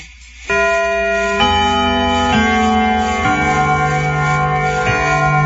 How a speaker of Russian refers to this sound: Большие часы стали неторопливо отбивать 6 ударов. Бом! Бом!